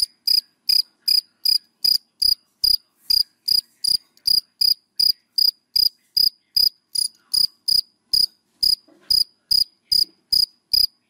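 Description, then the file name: A cricket chirps on and on, high pulsing notes repeated regularly about two and a half times a second, with little else audible. Crickets calling, given by the Vietnamese names dế mèn, dế cơm and dế than. "Tieng de men de com de than keu"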